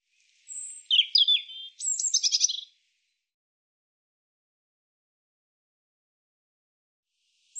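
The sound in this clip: European robin song: a short phrase of thin high whistles and quick trilled notes lasting about two seconds, then silence, with another phrase starting at the very end.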